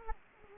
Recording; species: mosquito wingbeat signal from an infrared sensor; Culex quinquefasciatus